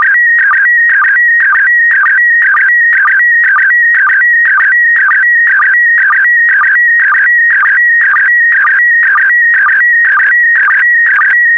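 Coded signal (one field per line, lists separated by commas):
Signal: SSTV (slow-scan television)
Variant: PD120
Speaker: the next image transmission will start in 10 seconds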